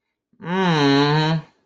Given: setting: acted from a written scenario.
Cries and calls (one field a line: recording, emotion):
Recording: vocal sound without words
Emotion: guilt